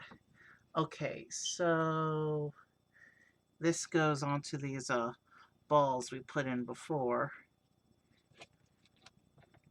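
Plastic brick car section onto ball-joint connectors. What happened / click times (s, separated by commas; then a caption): Handled, not yet home: the plastic section has not snapped onto the ball joints / none. Someone talks while holding a plastic brick section of a Lego Speed Champions McLaren F1 LM and McLaren Solus GT toy car model, about to press it onto ball-joint studs fitted earlier. Only faint short ticks are heard near 8.4 s and 9.1 s, and nothing has seated or clicked yet.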